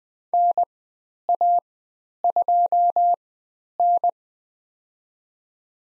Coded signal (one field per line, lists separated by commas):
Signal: Morse code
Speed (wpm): 20 wpm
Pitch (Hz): 700 Hz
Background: none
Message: NA2N